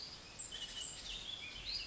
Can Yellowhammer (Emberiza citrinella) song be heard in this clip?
no